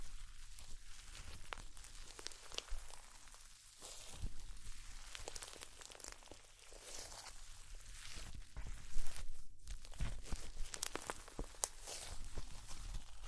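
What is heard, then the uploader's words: Slime being handled gives a steady stream of wet crackles, pops and squishes, dense and irregular across the whole clip. The sticky clicks are bright and crisp over a low, constant hum, with a louder cluster of pops around nine to ten seconds. ASMR Slime sounds.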